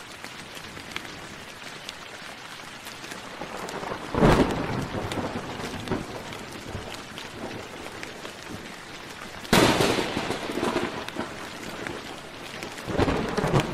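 Steady rain falls, a dense, even hiss with scattered individual drops ticking through it. Around four seconds, near ten seconds, and again near the end, sharp loud bursts break in, like cracks of thunder or heavy spatters, before the rain settles back.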